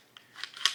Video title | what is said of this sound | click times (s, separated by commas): M1 Garand Field Strip and Reassembly. | you pull the bolt all the way to the rear make sure you hear click | 0.7 s